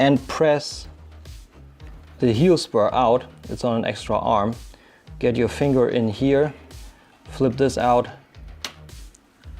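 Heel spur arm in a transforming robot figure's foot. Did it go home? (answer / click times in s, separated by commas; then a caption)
yes / 8.6 s. Someone talks over background music while flipping out the plastic heel spur, mounted on an extra arm in the foot of an X-Transbots Gravestone transforming robot figure (a third-party MP G1 Stunticon Motormaster), first pressing it out with a spudger and then using a finger. The spur snaps into place with a sharp click at 8.7 s, followed by a few faint clicks.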